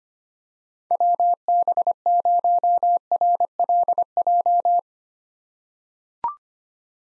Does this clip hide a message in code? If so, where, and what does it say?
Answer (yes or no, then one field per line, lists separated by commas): yes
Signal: Morse code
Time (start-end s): 0.9-4.8 s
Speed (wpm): 25 wpm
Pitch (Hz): 700 Hz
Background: none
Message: WB0RLJ